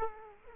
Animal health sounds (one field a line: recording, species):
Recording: mosquito wingbeat signal from an infrared sensor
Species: Culex quinquefasciatus